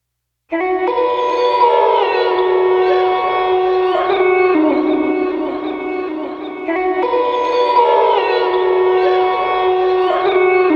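Wolf: wolves howling together, several long, overlapping tones held steadily, making a dense, continuous chorus that swells again partway through.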